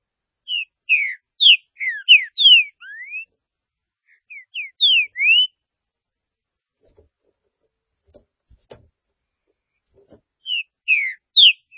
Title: Trinca Ferro